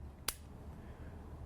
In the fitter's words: The audible click lets the operator know that it's safely connected.